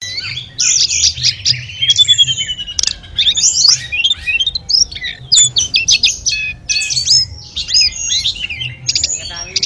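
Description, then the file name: Sunda robin song: overlapping melodic whistles and twisting phrases, with small gaps between bursts and a few sharp clicks. Five birds singing together in a group session. "audio-gathering-5-ekor-tledekan"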